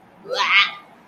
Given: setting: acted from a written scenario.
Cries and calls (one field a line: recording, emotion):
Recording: vocal sound without words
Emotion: disgust